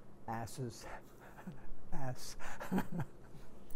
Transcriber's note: chuckles